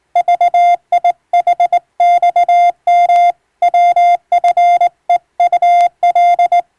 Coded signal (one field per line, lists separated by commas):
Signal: Morse code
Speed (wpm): 20 wpm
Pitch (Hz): 700 Hz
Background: none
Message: VIHXM WFEUL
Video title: 【モールス無線通信士】懐かしいモールス通信、昭和はラジオでよく聞こえました。船と陸との唯一の通信手段、大変重要な無線通信でした。ハムの受信トレーニングにどうぞ morse code practice